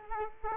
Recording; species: mosquito wingbeat signal from an infrared sensor; Culex quinquefasciatus